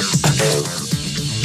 Small cough into big cough.